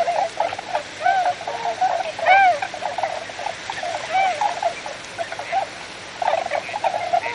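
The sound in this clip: Tundra swans giving mellow, hooting, slightly wavering calls that overlap irregularly, several birds at once, over a steady background hiss.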